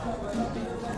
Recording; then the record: background sound without coughing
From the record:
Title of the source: 60 minutes of coffee shop sounds for study and concentration